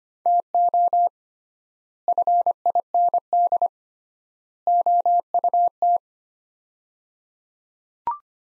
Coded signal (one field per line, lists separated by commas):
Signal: Morse code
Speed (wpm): 25 wpm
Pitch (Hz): 700 Hz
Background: none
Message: TO FIND OUT